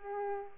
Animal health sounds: mosquito wingbeat signal from an infrared sensor; Culex pipiens

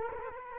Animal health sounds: mosquito wingbeat signal from an infrared sensor; Culex quinquefasciatus

